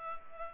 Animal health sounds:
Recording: mosquito wingbeat signal from an infrared sensor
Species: Culex pipiens

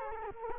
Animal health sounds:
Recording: mosquito wingbeat signal from an infrared sensor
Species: Culex quinquefasciatus

